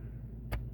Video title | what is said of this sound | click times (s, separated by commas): CHEVY SILVERADO rearview mirror (NON self dimming) | unlocks it and you can pull it out | 0.5 s